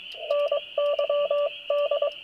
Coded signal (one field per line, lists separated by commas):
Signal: Morse code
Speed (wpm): 22 wpm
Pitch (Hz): 560 Hz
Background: radio noise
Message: NYD